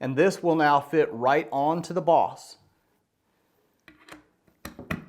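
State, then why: Seated. Someone talks, then the female quick-detach fitting on the rubber-tubed SteddyEddy monopod is pushed onto the boss stud of a TenPoint ACUslide crossbow, with a few small taps and knocks before a sharp snap at 4.9 s. The fitting seats on the mount, held by internal ball bearings.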